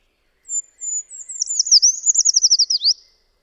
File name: Pelzacz lesny